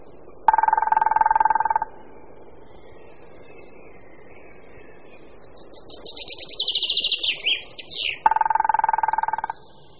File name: Žluna šedá